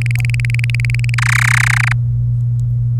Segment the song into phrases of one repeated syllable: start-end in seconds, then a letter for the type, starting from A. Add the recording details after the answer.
0.01-1.15 A, 1.18-1.93 B. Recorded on 26 April 2018 at 16:46. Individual llb3